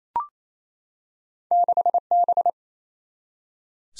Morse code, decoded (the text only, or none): 6B